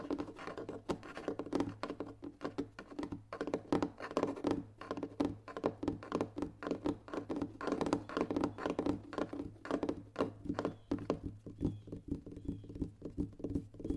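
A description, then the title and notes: Soft finger tapping on different objects, quick taps in irregular bursts over a low steady hum. In this episode, listen to the sound of gentle finger tapping on different objects. Soft Finger Tapping.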